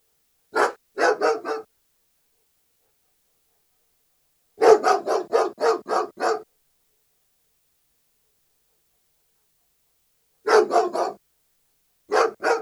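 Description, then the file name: German Shepherd barking in quick runs, with a longer volley in the middle, spaced by pauses of several seconds. "Het blaffen van een Duitse herder - Sound Cloud - Beeld en Geluid"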